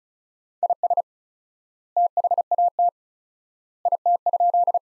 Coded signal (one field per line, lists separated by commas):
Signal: Morse code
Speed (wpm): 36 wpm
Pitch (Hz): 700 Hz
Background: none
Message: IS THAT IT?